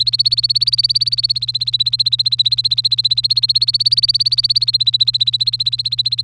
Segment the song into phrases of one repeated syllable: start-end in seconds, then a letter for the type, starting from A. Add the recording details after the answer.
0.00-6.23 A. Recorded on 3 May 2018 at 12:24. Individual llb3